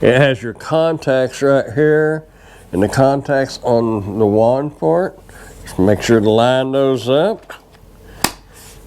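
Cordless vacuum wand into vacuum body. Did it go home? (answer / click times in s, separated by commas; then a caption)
yes / 8.2 s. Someone talks while lining up the line on the plastic wand of a Prettycare cordless vacuum, where the wand's contacts meet the contacts on the vacuum body. At 8.2 s the wand and body are pushed together and give a single loud, sharp snap as they seat.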